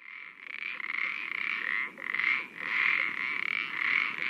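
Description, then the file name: Common parsley frog calling in rapid creaking pulses that merge into a continuous rasping sound, swelling and fading with brief dips. "pelodyte-ponctué"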